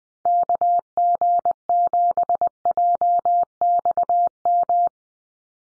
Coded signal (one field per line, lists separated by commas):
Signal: Morse code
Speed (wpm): 20 wpm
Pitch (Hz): 700 Hz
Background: none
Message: KG7JXM